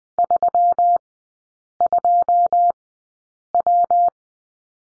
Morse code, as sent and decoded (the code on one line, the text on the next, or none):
...-- ..--- .--
32W